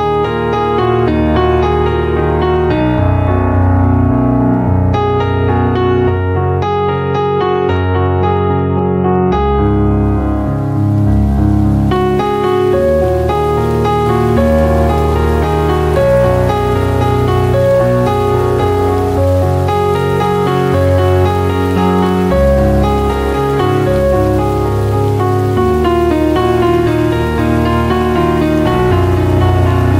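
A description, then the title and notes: Slow, dark music of low sustained chords and a deep bass line shifts every few seconds under steady rain. The rain is a faint hiss at first, then fills in as a dense, even patter from about eleven seconds on, with no thunder. Dark academia atmosphere plus rain.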